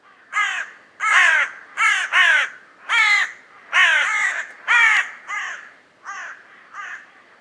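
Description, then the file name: Carrion crow cawing, about ten harsh, hoarse caws in irregular bursts, some paired closely, the last few shorter and quieter. "Corvus corone"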